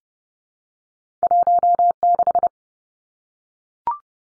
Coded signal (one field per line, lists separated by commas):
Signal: Morse code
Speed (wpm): 30 wpm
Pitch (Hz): 700 Hz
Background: none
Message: 16